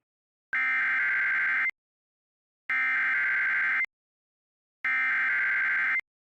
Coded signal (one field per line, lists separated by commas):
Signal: Emergency Alert System (SAME) tones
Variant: header bursts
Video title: IP - Snow SQUAIL Warning(S) - No EAS